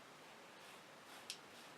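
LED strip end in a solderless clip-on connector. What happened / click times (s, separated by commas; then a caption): The connector clip snapped shut / 1.3 s. The end of an RGB LED tape strip sits in a solderless snap-on connector, and its plastic hinged door is pressed closed until the latch clicks. A steady low hiss runs through the clip, broken by one short, faint, high-pitched click at 1.3 s. The connector door latches shut, seating the strip.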